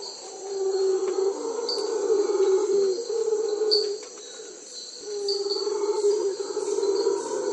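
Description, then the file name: Howler monkey giving drawn-out low moaning howls almost continuously, with a brief pause near the middle, against constant high insect drone and occasional chirps. "singe hurleur"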